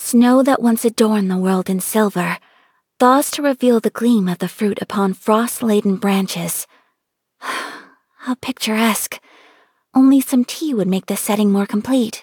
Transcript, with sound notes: "Snow that once adorned the world in silver, thaws to reveal the gleam of the fruit upon frost-laden branches." *sigh* How picturesque! Only some tea would make this setting more complete.